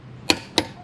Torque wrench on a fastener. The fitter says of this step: click i'm telling you right now there's no way that's pulling that off